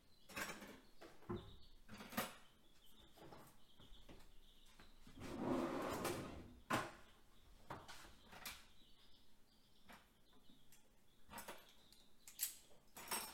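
Dishes being washed, with sharp clinks and knocks of plates and cutlery every second or so. Around five to six seconds a louder rush of running water swells and stops. Quieter scrapes and soft thuds fill the gaps between clatters.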